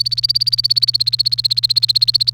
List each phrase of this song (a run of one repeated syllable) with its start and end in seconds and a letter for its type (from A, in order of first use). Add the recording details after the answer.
0.00-2.33 A. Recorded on 28 April 2018 at 13:53. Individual llb3